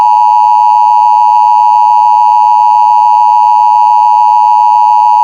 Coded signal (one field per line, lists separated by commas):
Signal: Emergency Alert System (SAME) tones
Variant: 853 and 960 Hz attention tone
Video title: Over Heated: An EAS Scenario